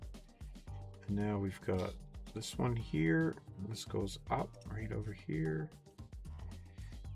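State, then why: Not seated. Someone talks over background music while handling a plastic model kit part and lining it up with its mounting point on the kit body, with a few faint sharp ticks near the start and around 6.0 s. The part has not seated or clicked into place yet.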